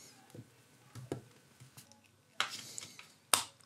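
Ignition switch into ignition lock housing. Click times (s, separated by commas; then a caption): 3.3 s. A small electrical ignition switch for a Mercedes 300D is slid and pushed into the back of the ignition lock housing, with soft taps and scrapes around 1.0 to 1.1 s and a louder snap at 2.4 s as it is worked in over several tries. A sharp final click at 3.3 s shows the switch has seated all the way home in the lock housing, where it had not been fully seated before.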